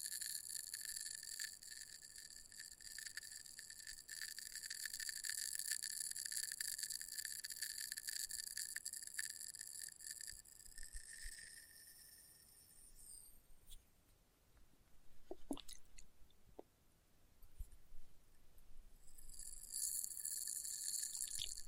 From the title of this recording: Experimental Triggers in Test Tubes